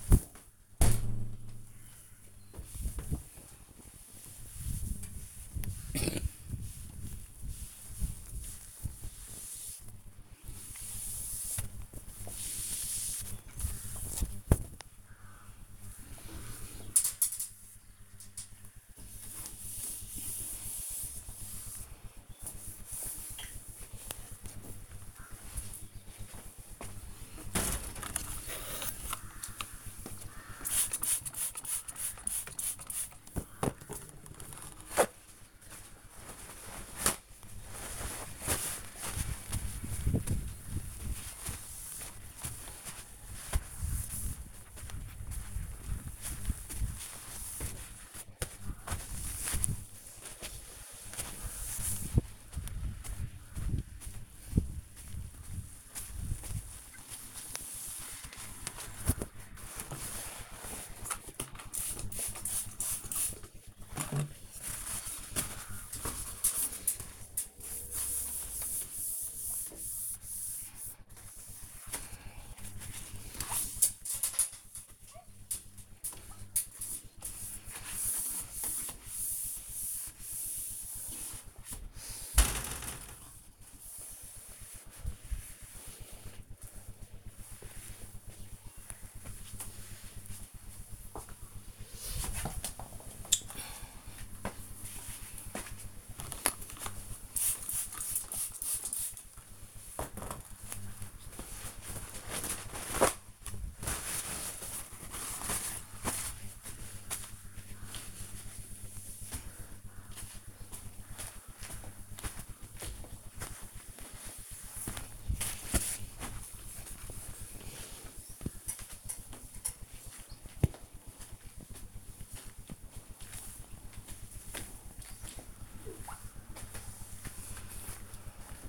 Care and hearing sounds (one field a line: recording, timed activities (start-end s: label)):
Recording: household activities, microphone on the right wrist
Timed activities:
0.00-85.61 s: window cleaning
95.67-128.69 s: window cleaning